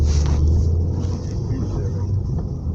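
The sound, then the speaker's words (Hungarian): Steady, loud low rumble of car traffic with a broad hiss over it, swelling slightly at the start and staying constant, while people talk beneath the noise. “Mennyi autó van itt, mennyi van még Szabadkán volt?”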